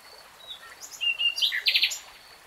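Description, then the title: Nightingale song fragment: a short burst of mixed high chirps and a brief buzzy rattle over soft background hiss. Nightingale singing in real time. "[Tiếng chim hót] 3 Hours REALTIME Nightingale Singing"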